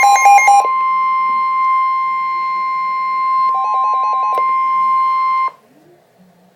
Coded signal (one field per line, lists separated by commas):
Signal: Emergency Alert System (SAME) tones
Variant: 1050 Hz attention tone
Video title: Severe Thunderstorm Warning - EAS #128